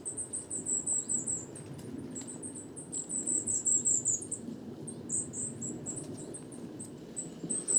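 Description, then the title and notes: Coal tit calls, a dense stream of very high, thin, rapid notes from many birds calling at once, nearly continuous throughout, with a low rumble and handling noise beneath. Flock of more than 50 Coal tits, evening, 29 September 2019, Les Casses, Drôme; recorded in mono with a Wildtronic parabolic dish, with noticeable handling noise. "29 septembre 2019-Les Casses - Drôme - Parabole Wiltronic - mono. belle ronde de Mésange noire (plus de 50 individus)"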